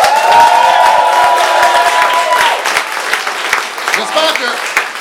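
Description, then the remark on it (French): A crowd applauds steadily for several seconds as an audience votes by applause during a debate, the dense clapping mixed with cheers and a few raised voices, staying loud throughout before thinning slightly toward the end. “J'espère que vous n'êtes pas dupes, que tout ce débat-là, c'est juste pour qu'il y ait des applaudissements.”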